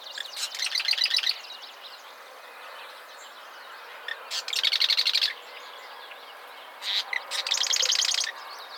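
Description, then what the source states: Mourning warbler song: three loud, fast trilled phrases of repeated chirps spaced a few seconds apart over a soft background hiss. Recorded in the USA, Minnesota, at Old Cedar Ave, on 14 July 2012.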